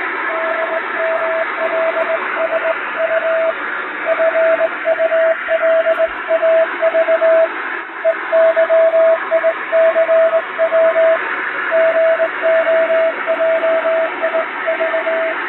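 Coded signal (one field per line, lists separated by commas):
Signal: Morse code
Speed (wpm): 20 wpm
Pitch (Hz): 650 Hz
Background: radio noise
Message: DMLSU FULAV EYICW GOJIV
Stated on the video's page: Showa-era style shortwave Morse telegram practice sent with a vertical straight key, with noise and fading added, for reception training.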